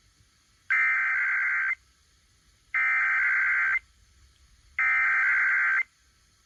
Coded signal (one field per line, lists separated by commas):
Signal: Emergency Alert System (SAME) tones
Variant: header bursts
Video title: [EAS #2497-#2499] Positive Encouraging KLOVE